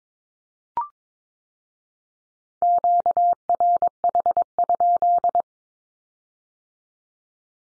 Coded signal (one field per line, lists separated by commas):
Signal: Morse code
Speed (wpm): 22 wpm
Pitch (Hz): 700 Hz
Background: none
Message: QRH?